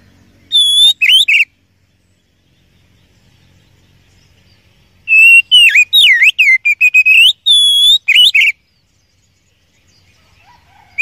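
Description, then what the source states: Oriental magpie-robin song, two bursts of quick clear whistles, dipping and rising slurs, separated by several seconds of quiet. Masteran training song of a first-place champion kacer.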